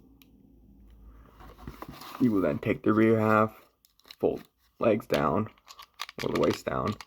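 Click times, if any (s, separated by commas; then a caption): 0.2 s. The top half of a plastic transforming robot toy is folded down onto its tabbed-in legs and locks into place with a slight, soft click at 0.2 s, followed by a few faint handling ticks. Someone then talks.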